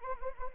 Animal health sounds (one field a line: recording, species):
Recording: mosquito wingbeat signal from an infrared sensor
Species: Anopheles arabiensis